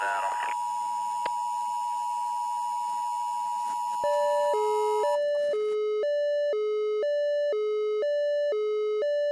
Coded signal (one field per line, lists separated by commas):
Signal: Emergency Alert System (SAME) tones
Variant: 853 and 960 Hz attention tone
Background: speech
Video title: Westmarch Alert: 2nd Wyvern's Spur Alert